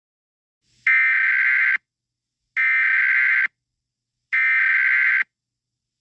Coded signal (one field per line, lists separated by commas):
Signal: Emergency Alert System (SAME) tones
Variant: header bursts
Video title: EAS SCENARIO 15: Scar E.X.E